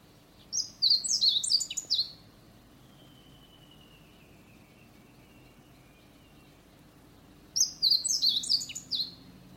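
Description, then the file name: Meadow bunting song: two quick, high, tumbling phrases of chirps and trills, separated by a long quiet gap. "hoojiro"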